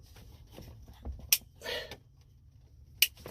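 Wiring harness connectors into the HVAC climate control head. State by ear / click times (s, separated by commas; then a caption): seated / 1.3 s, 3.0 s. Two plastic wiring-harness connectors are pushed back into the back of a Ford EATC climate control head while it is out of the dash, as part of a repair for HVAC stuck on defrost. Sharp clicks at 1.3 s and 3.0 s, with a brief rustle between them. Both connectors have snapped back in and are seated.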